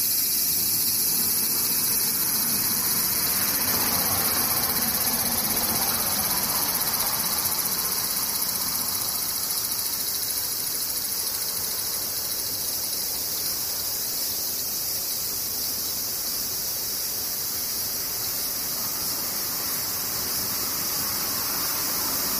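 Cicadas drone without pause, a dense, shrill wall of high buzzing that holds the same level for the whole clip. Underneath, a soft low rumble swells and fades in the first several seconds, like a passing vehicle, then only faint low noise remains.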